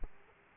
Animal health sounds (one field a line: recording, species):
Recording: mosquito wingbeat signal from an infrared sensor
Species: Aedes aegypti